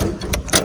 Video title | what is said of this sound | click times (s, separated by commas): Jd New tyre ￼☠️ ! Original Fitting kar de ✅ // ￼ full fun with 5310 🚀 !! Patel Farming 🌾 | ये unlock हो गया। | 0.3 s